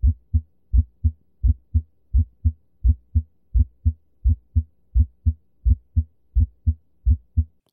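Steady paired low thumps, lub-dub, at about 86 beats a minute: regular heart sounds heard on auscultation of an adult heart with a stethoscope.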